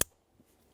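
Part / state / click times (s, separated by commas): wiring harness connector into mating connector near steering column / seated / 0.0 s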